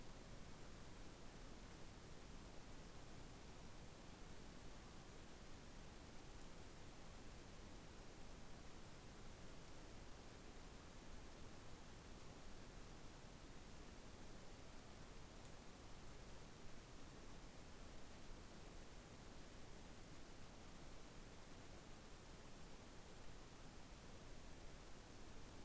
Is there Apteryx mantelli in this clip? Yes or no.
no